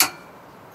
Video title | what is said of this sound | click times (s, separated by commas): Carr P/N 503679 Deployable Work Truck Step for Ford Transits Video | this thing I have my torque wrench set of 35 lbs and we're going to tighten it down till we hear it click | 0.0 s